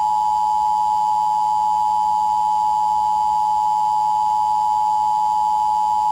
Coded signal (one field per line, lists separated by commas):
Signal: Emergency Alert System (SAME) tones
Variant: 853 and 960 Hz attention tone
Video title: EAS Scenario #4: World War III: Collateral Damage (Part 6)